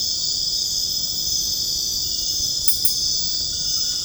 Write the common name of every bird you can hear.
none